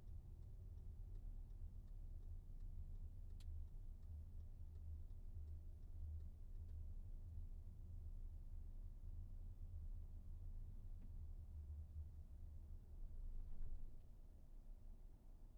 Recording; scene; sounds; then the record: everyday scene through a hearing-aid microphone; in a vehicle; engine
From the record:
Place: VW T5 Caravelle, diesel engine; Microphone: behind the ear, right, rear